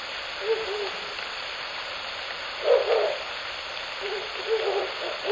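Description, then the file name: Owl uttering low hoots in small groups, a louder burst near the middle, with continuous background hiss. Shōnen no Mori, 16 May 2021 at 21:09. "フクロウ番 2105162109 少年の森"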